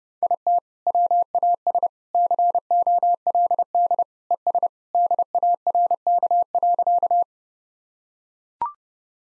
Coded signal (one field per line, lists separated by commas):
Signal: Morse code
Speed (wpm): 32 wpm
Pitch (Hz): 700 Hz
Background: none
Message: IT WAS COLD ES DARK.